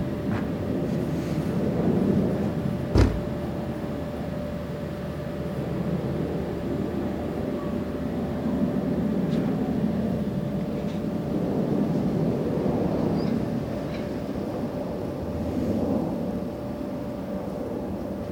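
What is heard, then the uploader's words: A quiet neighborhood after snow, filled with a low, steady rumble like far-off traffic or a passing plane that swells and eases. A faint constant hum runs throughout, and a single sharp click or knock sounds near three seconds, with a few softer taps later. This audio of NE Minneapolis was recorded. Between 7:45 and 8:15 PM. The neighborhood is pretty quiet, perhaps due to a snow earlier in the day. There are two vantage points in the recording: the first with me closer to a vent and the second with me further away.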